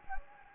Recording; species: mosquito wingbeat signal from an infrared sensor; Anopheles gambiae